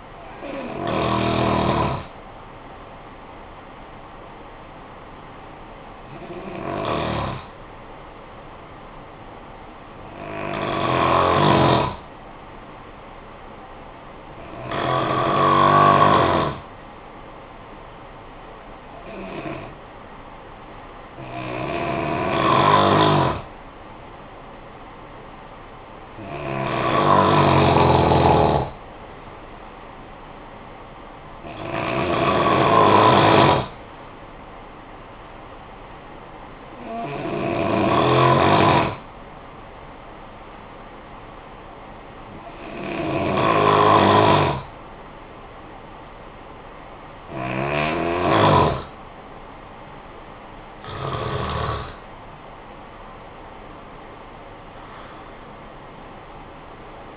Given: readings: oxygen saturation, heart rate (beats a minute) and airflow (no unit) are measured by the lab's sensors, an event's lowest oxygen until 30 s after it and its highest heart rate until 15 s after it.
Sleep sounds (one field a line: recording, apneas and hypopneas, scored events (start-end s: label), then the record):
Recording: breathing in sleep by a voice recorder at the bedside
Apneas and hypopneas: 2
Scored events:
7.00-24.60 s: hypopnea (N2, oxygen 97% highest, then 89% lowest, heart rate 51 at the start, 61 highest)
38.00-51.50 s: hypopnea (N2, oxygen 91% highest, then 91% lowest, heart rate 50 at the start, 64 highest)
From the record:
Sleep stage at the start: N2 (light sleep)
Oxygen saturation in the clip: 89 to 97%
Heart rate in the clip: 49 to 64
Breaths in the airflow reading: 13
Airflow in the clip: -9.3 to 5.7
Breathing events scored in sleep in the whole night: 445 in 7.6 hours asleep